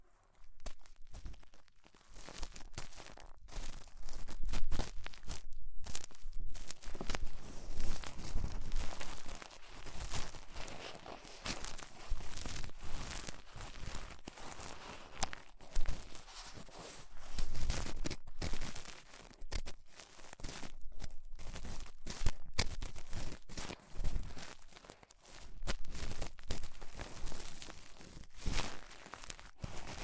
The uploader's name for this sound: Tingly Ear Cleaning Rhinestone & Clay Removal